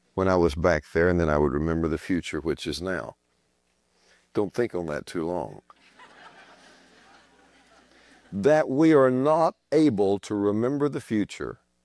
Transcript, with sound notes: When I was back there, I would remember the future, which is now. Don’t think about that too long. (laughter) “That we are not able to remember the future